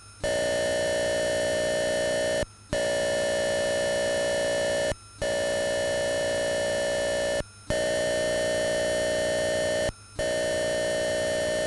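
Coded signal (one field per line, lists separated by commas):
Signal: computer data on cassette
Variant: Atari 8-bit cassette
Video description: Follow links below to skip loading sequences : 2:18 = Lesson 1, part 1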